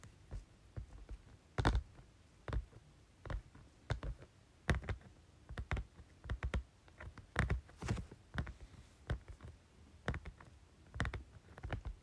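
Tapping on a folder, a run of sharp, dry taps that land irregularly, sometimes singly and sometimes in quick pairs or small clusters, several per second at the busiest moments. Short pauses separate the groups, and a faint low rumble sits underneath throughout.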